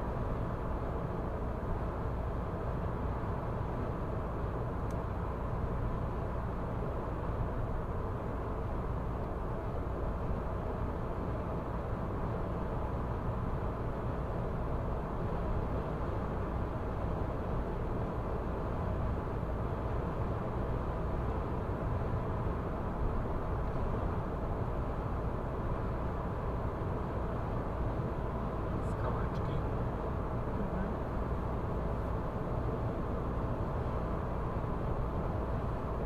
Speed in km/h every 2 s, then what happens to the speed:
106, 106, 106, 106, 106, 106, 106, 106, 105, 105, 105, 105, 106, 106, 106, 106, 106, 106.
0-36 steady at about 106.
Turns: none.